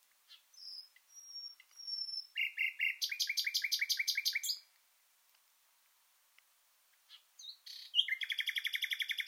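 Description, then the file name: Common nightingale song: soft thin whistles, then a loud fast repeated trill of sharp notes, a pause, and another rapid rattling series. "Luscinia megarhynchos"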